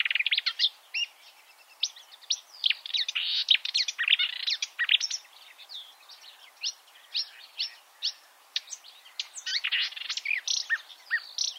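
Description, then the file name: Marsh warbler singing a rapid, jumbled medley of sharp chirps, buzzes and short whistles in quick bursts with brief pauses between them. "suara-kicauan-burung-marsh-warbler -omkicau"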